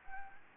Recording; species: mosquito wingbeat signal from an infrared sensor; Anopheles gambiae